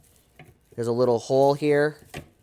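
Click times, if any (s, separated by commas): none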